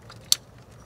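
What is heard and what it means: A fuel line quick-connect fitting, likely the 6AN-to-hardline connector from an Innovate E85 kit, is pushed onto the hard fuel line of a turbo 9th-gen Civic. After a faint tick near 0.1 s, one sharp, loud snap at 0.3 s marks the fitting seating onto the line.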